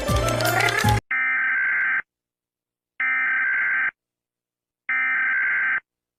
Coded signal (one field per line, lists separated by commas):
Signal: Emergency Alert System (SAME) tones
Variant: header bursts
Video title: eas scenario catemojibabyheat part 3